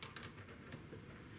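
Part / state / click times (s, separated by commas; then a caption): crimp dies into the crimping tool head / not seated / none. Two hex crimping dies are slid into the head of a battery crimping tool, under the lips, toward the ball locks. Brief sharp handling taps sound near 0.0 s and 0.2 s over a low background, followed by quieter scraping. Nothing has seated or clicked into place yet.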